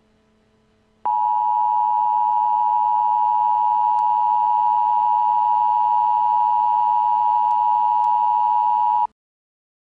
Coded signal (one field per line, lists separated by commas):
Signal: Emergency Alert System (SAME) tones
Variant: 853 and 960 Hz attention tone